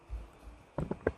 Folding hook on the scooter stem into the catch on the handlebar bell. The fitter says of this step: So I don't know if you can see that or not, but the bell kind of just clicks right in,